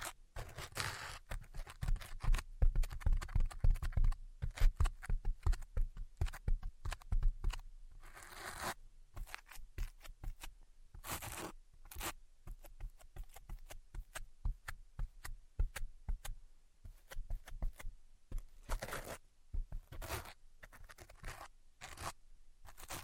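Quick, dense tapping and scratching clicks in irregular bursts, heavier and lower in the first nine seconds, then sparser, sharper taps continuing.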